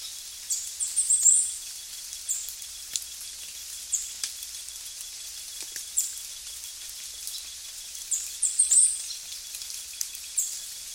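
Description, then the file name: Bird calls: high squeaky chirps in brief bursts, strongest near the start and again after eight seconds, with scattered short notes and constant hiss. "SABIOD 50 bird 2015"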